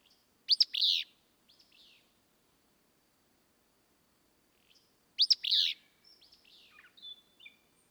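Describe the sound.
Willow flycatcher song: two sharp, sneezy, buzzy bursts about five seconds apart, each followed by a few soft, thin notes, against an otherwise quiet background.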